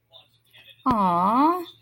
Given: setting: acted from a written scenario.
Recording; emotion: vocal sound without words; adoration